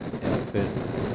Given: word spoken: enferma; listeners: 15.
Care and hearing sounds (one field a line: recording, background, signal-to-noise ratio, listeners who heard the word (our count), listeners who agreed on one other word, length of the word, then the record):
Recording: one Spanish word in noise, from a listening test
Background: noise modulated by three-talker babble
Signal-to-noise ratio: -4.1 dB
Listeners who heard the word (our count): 0 of 15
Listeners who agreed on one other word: 6 of 15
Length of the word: 0.75 s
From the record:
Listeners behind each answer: 6, 2, 1, 1, 1, 1, 1, 1, 1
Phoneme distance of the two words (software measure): 10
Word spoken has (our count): 3 syllables, 7 phonemes, stress on syllable 2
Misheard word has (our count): 3 syllables, 7 phonemes, stress on syllable 2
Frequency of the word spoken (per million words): 14.70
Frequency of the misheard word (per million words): 44.87